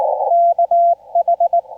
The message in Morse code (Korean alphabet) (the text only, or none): 우